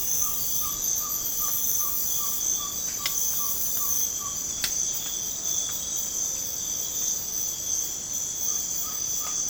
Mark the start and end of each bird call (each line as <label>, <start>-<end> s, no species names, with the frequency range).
bird call (0.6-1.8 kHz), 0.00-4.41 s
bird call (0.7-1.8 kHz), 8.43-9.50 s